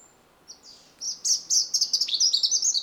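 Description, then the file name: European robin giving a high, sparkling phrase of quick trilled notes that grows louder toward the end. "Erithacus rubecula"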